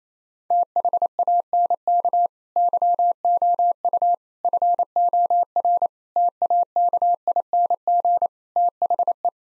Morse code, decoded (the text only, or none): THANK YOU FOR TAKING THE